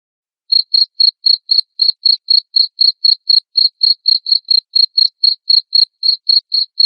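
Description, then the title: Cricket chirping after a short pause: loud, high, evenly spaced chirps at roughly four per second. Loud cricket chirping (ngerik) played to make lovebirds keep singing (ngekek). "Suara JANGKRIK NGERIK Keras Bikin LOVEBIRD Jadi NGEKEK Terus Vubey"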